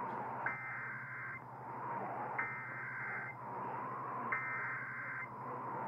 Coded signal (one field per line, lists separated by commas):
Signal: Emergency Alert System (SAME) tones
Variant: header bursts